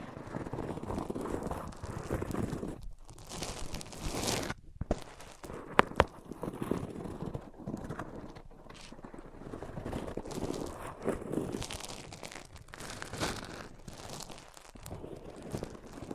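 Microphones are rubbed across different surfaces, making a continuous scraping and scuffing that swells and fades in uneven strokes. The rustle stays dense throughout, with brief gaps near four to five seconds and a few sharp clicks around six seconds.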